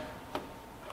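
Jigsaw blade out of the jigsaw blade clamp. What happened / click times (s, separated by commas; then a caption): The blade clamp let go and the blade was released / 0.4 s, 0.9 s. A hot wood blade is pulled out of the tool-free blade clamp on a 12V jigsaw after a cut, and the blade comes out easily. Two short ticks are heard at 0.4 s and 0.9 s over a steady background hiss, and the blade is released.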